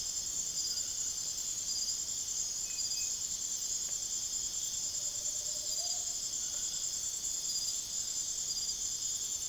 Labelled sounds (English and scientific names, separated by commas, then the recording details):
Tropical Screech-Owl (Megascops choliba)
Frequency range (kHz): Tropical Screech-Owl (Megascops choliba) 0.1-1.3 kHz
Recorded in secondary vegetation near Puerto Asís, Putumayo, Colombia, on 19 June 2025 at 01:30
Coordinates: 0.489, -76.322
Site G021